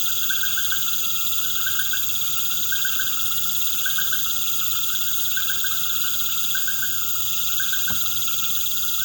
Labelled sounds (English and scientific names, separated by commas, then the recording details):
none
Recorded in pastures near Puerto Asís, Putumayo, Colombia, on 12 March 2025 at 19:00
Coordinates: 0.472, -76.329
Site G074